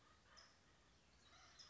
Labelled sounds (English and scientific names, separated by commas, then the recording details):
California Towhee (Melozone crissalis)
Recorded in Sonoma County, California